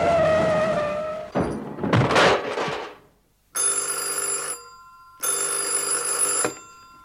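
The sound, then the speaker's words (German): A car that cannot be steered skids with a high, wavering tire squeal that gives way to a rough, noisy rumble, followed by two loud, steady bursts of a ringing telephone at a police precinct. “Hey, was ist denn mit dem Wagen los? Sind Sie betrunken, Mann? Der Wagen, Sir, lässt sich nicht steuern.”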